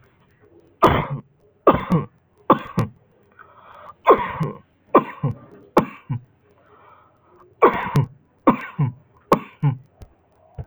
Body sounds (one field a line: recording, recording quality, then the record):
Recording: heavy voluntary cough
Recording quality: excellent, no background noise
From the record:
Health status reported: healthy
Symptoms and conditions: none ticked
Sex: male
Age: 18 years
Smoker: not ticked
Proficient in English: yes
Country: India